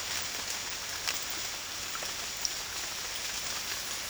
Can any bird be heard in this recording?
no